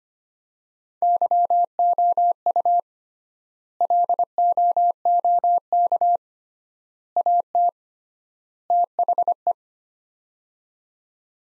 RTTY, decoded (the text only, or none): none